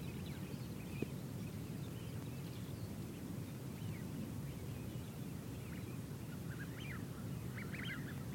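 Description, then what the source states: Eurasian wigeon calls as scattered soft squeals, sparse early and bunching into a short burst near the end, with constant low wind rumble beneath. Wigeon on Ribble estuary marshes, Lancashire; bright, breezy February mid-morning; heard from sea defence between estuary and farmland; soft squeals.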